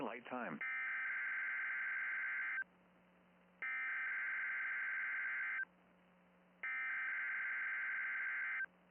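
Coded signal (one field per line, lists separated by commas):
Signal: Emergency Alert System (SAME) tones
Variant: header bursts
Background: speech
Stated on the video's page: Weekly EAS test broadcasts recorded off air.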